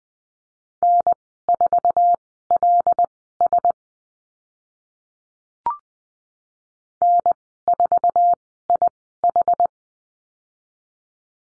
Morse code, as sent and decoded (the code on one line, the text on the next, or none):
-. ....- .-.. ... / -. ....- .. ....
N4LS N4IH